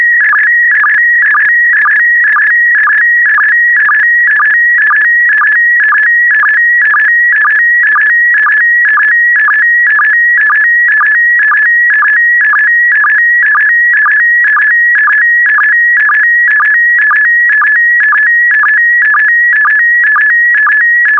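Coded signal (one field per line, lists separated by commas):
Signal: SSTV (slow-scan television)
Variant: PD120 mode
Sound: warbling, stepping tone with a short low chirp about twice per second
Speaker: the next image transmission will start in 10 seconds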